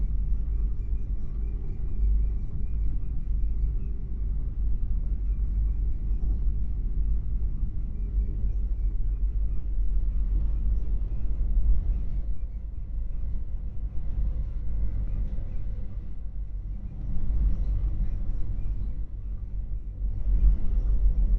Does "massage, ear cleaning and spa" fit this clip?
no